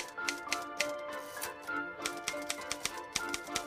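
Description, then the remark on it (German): A typewriter's ratcheting mechanism clatters as a sheet of paper is drawn out, giving a quick, uneven run of sharp mechanical clicks and clacks with a faint metallic rasp underneath. “Ich kehre heim, war der Satz, den sie gestern zuletzt auf der Schreibmaschine geschrieben hat. Jetzt spannt sie den Bogen Papier aus, legt ihn beiseite, legt ihn auf den noch flachen Stapel schon geschriebener Seiten ihres neuen Buchs,”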